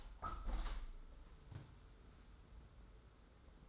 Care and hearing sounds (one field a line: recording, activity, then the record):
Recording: daily activity, microphone in the room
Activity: open window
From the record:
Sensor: 3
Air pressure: 991.3 hPa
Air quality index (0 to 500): 114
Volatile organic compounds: 70 ppm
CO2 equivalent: 3520 ppm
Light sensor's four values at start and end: 47/131/53/47 and 47/130/53/47